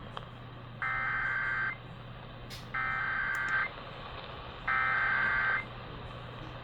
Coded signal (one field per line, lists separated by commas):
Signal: Emergency Alert System (SAME) tones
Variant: header bursts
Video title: eas tor Eas#303 - 304)